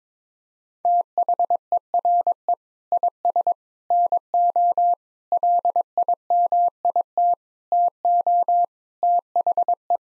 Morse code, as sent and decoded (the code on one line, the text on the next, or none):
- .... . .-. . / .. ... / -. --- / .-.. .. -- .. - / - --- / - .... .
THERE IS NO LIMIT TO THE